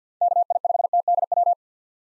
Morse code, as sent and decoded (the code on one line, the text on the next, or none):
-.- .. ..... - -.. .--
KI5TDW